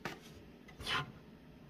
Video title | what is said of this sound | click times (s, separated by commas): Why does my truck do this? Explained | see it coming through on the other side that little tab will snap into place | 0.1 s